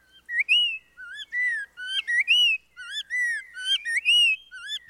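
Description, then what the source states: Spot-breasted oriole song, clear sweet whistled phrases that slur up and down, with short pauses between the notes. Sweeter voice; introduced to Florida from Central America in the 1940s; found in suburban neighborhoods of southeast Florida.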